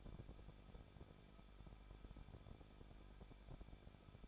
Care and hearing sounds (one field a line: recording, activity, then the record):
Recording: daily activity, microphone in the room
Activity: no activity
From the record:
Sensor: 5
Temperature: 20.8 degrees Celsius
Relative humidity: 38.5%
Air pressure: 1006.5 hPa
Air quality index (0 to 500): 191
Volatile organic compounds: 20 ppm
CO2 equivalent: 2698 ppm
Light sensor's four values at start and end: 2/3/1/1 and 2/3/1/1